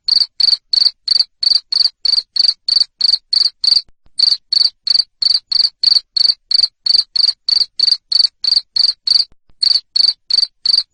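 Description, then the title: Cricket producing a rapid train of loud, raspy chirps at about three per second, pausing briefly twice. Loud cricket chirping played to make lovebirds sing continuously. "Suara JANGKRIK NGERIK Keras Bikin LOVEBIRD Jadi NGEKEK Terus Vubey"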